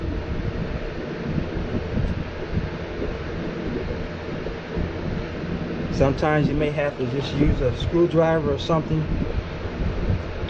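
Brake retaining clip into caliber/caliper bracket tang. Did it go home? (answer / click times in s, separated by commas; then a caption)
no / none. On a 1999 SVT Cobra being fixed for a vibration at the right front wheel, a metal brake retaining clip is held against the small tang on the caliper bracket it will snap back into. A steady broadband background hiss runs throughout, and someone talks from about 6 seconds on. The clip has not been pushed home and nothing has clicked yet.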